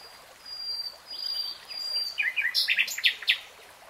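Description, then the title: Nightingale: bird song: drawn-out thin whistles followed by a cluster of sharp, loud, varied notes and clicks over steady background hiss. Nightingale singing in real time. "[Tiếng chim hót] 3 Hours REALTIME Nightingale Singing"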